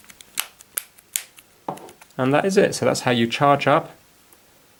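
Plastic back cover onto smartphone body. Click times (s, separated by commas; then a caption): 0.4 s, 0.8 s, 1.2 s, 1.7 s. A plastic back cover is pressed back onto a Vodafone Smart Ultra 7 smartphone body, worked around the edges so each clip snaps in. Sharp snaps are heard at 0.4, 0.8, 1.2 and 1.7 seconds, with a few fainter ticks around them, and the cover ends up seated all the way around. Someone then talks.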